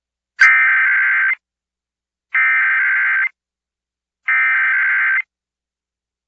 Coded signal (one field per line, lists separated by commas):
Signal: Emergency Alert System (SAME) tones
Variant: header bursts